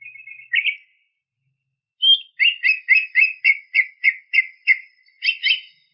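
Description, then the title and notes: Greater green leafbird: soft twittering start, then a quick, evenly repeated series of buzzy, chattering whistled notes. Champion-quality singing bird. "Kicau Burung Cucak Ijo Juara. Suara kicauan burung cucak ijo"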